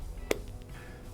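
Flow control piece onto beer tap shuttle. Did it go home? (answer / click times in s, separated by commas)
yes / 0.3 s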